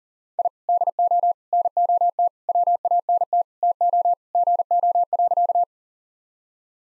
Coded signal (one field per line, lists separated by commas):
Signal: Morse code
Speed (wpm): 40 wpm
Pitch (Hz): 700 Hz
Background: none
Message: I DO NOT WANT TO GO.